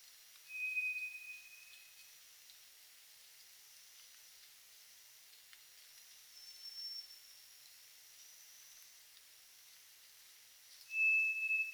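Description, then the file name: White's thrush song: a lower level whistle, a faint higher whistle some six seconds later, then the lower whistle again, each note long and pure. Recorded at night on 2 July 2007 at 23:34. "toratugumi-20070702-2334"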